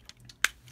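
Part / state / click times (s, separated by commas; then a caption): figure plastic part into figure body / seated / 0.4 s. A plastic part of a Transformers Siege Leader Class Ultra Magnus figure is pushed back into the figure's body after its head is pulled down. Faint plastic ticks lead up to one sharp, bright click at about 0.5 seconds. The part is seated in place.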